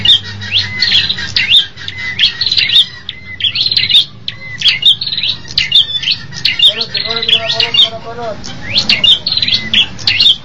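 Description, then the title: Bird sings quick phrases of high, sharp chirps over and over. A lower repeated sound joins later on. A faint hum runs beneath. "kikicau"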